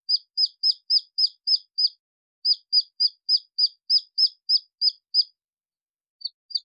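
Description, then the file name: Red junglefowl chick giving shrill, falling peeps in a quick steady series, pausing briefly after two seconds, then going quiet before two final peeps. Chick, lost from its flock, calling for its mother. "Tieng ga rung con keu goi me lac bay"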